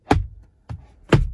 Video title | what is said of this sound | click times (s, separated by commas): EVERY Change In The NEW 2021 Tesla model 3 Vs 2019 Tesla Model 3 | It just pops right in. | 0.1 s